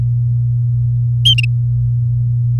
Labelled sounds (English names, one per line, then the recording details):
Domestic Canary song
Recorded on 4 May 2018 at 07:56
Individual llb16